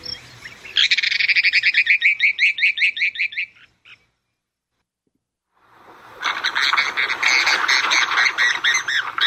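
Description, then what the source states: Mountain Plover: a rapid series of many short notes, then a pause and a dense, harsh stretch of calls. Song and some calls.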